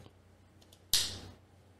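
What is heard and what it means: A single-board computer is set into its plastic case, lined up with the grooves, and pressed down until it snaps. A few faint ticks come before one sharp, loud snap at 0.9 s, which rings briefly in the high frequencies before fading. The board is seated firmly in place and doesn't come out.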